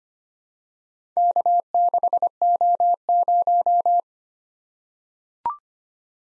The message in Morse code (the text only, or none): K6O0